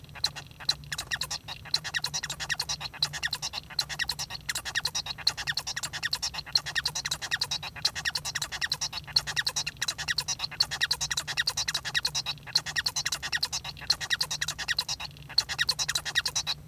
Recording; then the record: song of a male Bengalese finch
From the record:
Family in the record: son of father 1